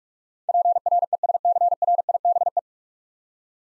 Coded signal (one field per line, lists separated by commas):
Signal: Morse code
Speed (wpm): 44 wpm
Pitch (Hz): 700 Hz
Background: none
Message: PRESCRIBE